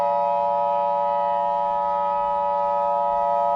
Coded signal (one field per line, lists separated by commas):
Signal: Emergency Alert System (SAME) tones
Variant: 853 and 960 Hz attention tone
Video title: Wow! Wow! Wubbzy! (EAS Scenario)